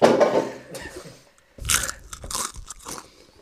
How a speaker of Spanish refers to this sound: Luego nos criticarán por comer patatas fritas en el programa 113, como si no lo hubiésemos hecho.